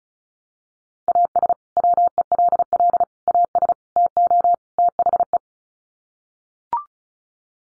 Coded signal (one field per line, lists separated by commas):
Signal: Morse code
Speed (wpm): 34 wpm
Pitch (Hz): 700 Hz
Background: none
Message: AS WELL AS TO THE